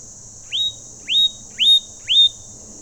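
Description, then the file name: Leaden flycatcher whistled calls: four sharply rising whistles, about one every half second, over a steady high insect drone. "Myiagra Rubecula"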